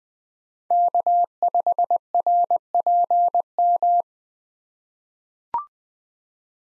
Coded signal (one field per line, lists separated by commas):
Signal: Morse code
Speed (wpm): 20 wpm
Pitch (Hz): 700 Hz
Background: none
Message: K5RPM